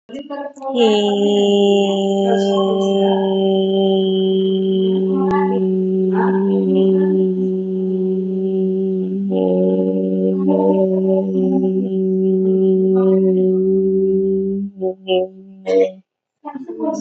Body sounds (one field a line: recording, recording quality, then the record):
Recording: sustained vowel as in made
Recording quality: excellent, no background noise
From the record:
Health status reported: COVID-19 positive, mild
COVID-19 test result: positive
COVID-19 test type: RT-PCR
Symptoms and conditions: cough, cold, sore throat, fatigue, muscle pain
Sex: female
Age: 28 years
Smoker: no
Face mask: worn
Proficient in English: yes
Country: India